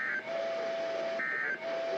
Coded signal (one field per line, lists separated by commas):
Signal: Emergency Alert System (SAME) tones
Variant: end-of-message bursts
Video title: EAS #298: Required Weekly Test